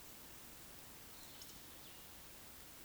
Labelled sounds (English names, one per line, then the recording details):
Eurasian Woodcock whistle
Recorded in Baden-Württemberg, Germany, on 16 June 2021 at 20:06 UTC
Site 20675, 466 m above sea level